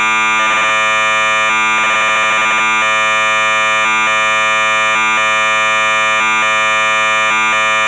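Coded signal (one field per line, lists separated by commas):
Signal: computer data on cassette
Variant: MSX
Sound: harsh steady buzzing lead tone interrupted by short warbling data bursts and brief breaks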